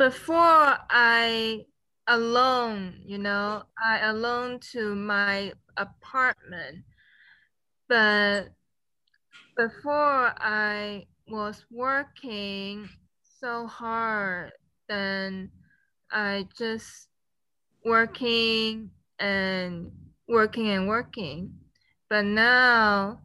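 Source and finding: Adult woman, conversational speech. Agrammatic aphasia.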